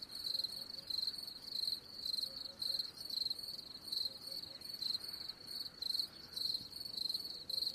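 Cricket chirping: high, shrill pulsed trills repeated steadily throughout, with faint low tones beneath.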